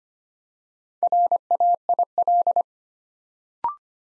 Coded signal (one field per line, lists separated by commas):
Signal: Morse code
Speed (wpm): 25 wpm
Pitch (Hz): 700 Hz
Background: none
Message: RAIL